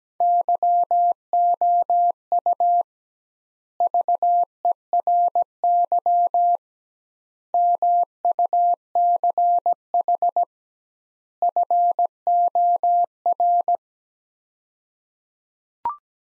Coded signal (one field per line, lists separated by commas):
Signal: Morse code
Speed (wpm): 17 wpm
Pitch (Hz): 700 Hz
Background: none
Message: YOU VERY MUCH FOR